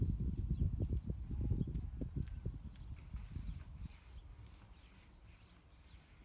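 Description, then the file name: Common blackbird giving two thin, high, slightly falling whistles several seconds apart over low rumbling noise that fades midway. "Turdus merula"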